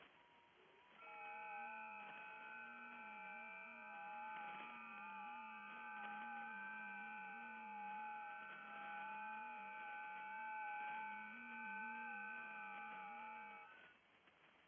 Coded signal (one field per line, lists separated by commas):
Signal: FT8